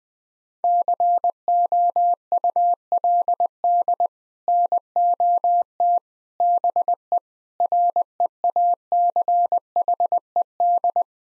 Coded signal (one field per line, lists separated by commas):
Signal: Morse code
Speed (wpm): 20 wpm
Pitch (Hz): 700 Hz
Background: none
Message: COULD NOT BE REACHED